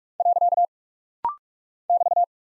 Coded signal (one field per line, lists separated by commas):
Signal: Morse code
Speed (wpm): 46 wpm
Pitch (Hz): 700 Hz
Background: none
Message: . <BT>